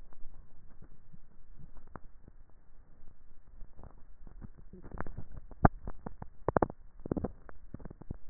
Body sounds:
swallowing sounds by neck microphone; 1
5.08-5.92 s: swallow
From the record:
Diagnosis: dysphagia

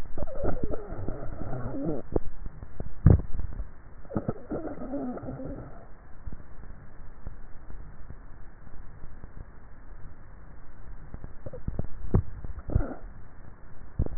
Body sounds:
swallowing sounds by neck microphone; 2
2.75-4.15 s: swallow
11.85-13.25 s: swallow
From the record:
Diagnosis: dysphagia

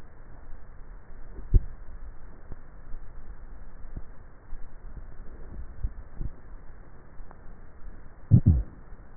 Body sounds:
swallowing sounds by neck microphone; 3
1.15-2.40 s: swallow
2.87-3.90 s: swallow
5.40-6.23 s: swallow
From the record:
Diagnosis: dysphagia

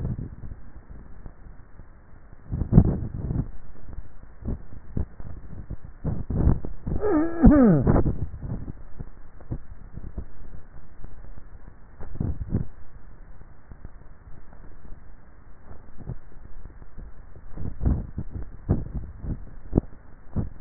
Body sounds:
swallowing sounds by neck microphone; 3
2.83-3.77 s: swallow
8.17-9.13 s: swallow
18.80-19.67 s: swallow
From the record:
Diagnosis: dysphagia

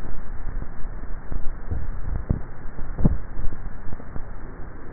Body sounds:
swallowing sounds by neck microphone; 1
2.92-3.88 s: swallow
From the record:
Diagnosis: dysphagia

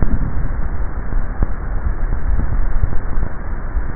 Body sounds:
swallowing sounds by neck microphone; 1
2.05-2.85 s: swallow
From the record:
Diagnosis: dysphagia

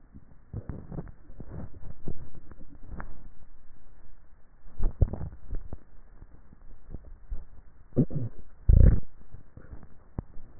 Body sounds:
swallowing sounds by neck microphone; 2
4.75-6.15 s: swallow
6.75-7.62 s: swallow
From the record:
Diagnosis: dysphagia

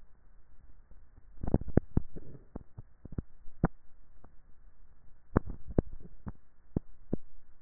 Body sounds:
swallowing sounds by neck microphone; 2
1.52-2.38 s: swallow
5.38-6.52 s: swallow
From the record:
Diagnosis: dysphagia

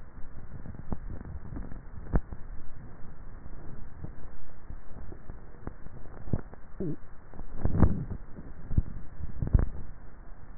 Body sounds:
swallowing sounds by neck microphone; 2
0.92-1.65 s: swallow
8.78-9.42 s: swallow
From the record:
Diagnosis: dysphagia

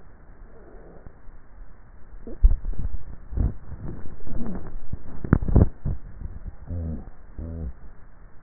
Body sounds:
swallowing sounds by neck microphone; 1
2.22-4.12 s: swallow
From the record:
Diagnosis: dysphagia

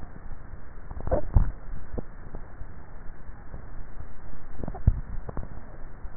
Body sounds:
swallowing sounds by neck microphone; 2
1.13-1.80 s: swallow
4.63-5.37 s: swallow
From the record:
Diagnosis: dysphagia

